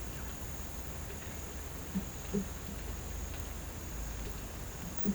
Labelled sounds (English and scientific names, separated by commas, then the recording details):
none
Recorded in pastures near Puerto Asís, Putumayo, Colombia, on 12 March 2025 at 07:30
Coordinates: 0.472, -76.329
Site G074